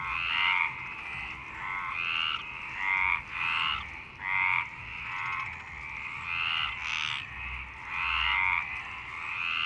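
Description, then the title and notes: Frogs calling in chorus, bursts of harsh pulsed croaks rising and falling, with several louder calls standing out. Frogs in Parc Longchamp, Marseille, Provence-Alpes-Côte d'Azur, France, 26 March 2011 at 19:35, recorded with a MixPre-6 and BASIC UCHO. "Marseille, Provence-Alpes-Côte d'Azur, France - 26_03_11_19_35 Longchamps_004 grenouilles. Grenouilles au parc de Longchamp MIXPRE 6 + BASIC UCHO"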